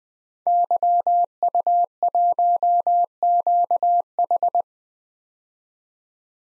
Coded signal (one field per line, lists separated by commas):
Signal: Morse code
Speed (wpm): 21 wpm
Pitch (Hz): 700 Hz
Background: none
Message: YU1QH